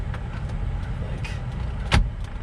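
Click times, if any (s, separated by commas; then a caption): 1.9 s. A plastic instrument cluster piece is pushed back into a Toyota Tundra truck dashboard during reassembly after cleaning and fitting LED bulbs. Over a steady low rumble with a few faint ticks and rustles, a sharp snap is heard at 1.9 s. The piece clicks into place and is seated.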